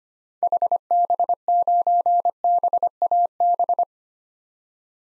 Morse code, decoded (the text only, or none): HB9BAB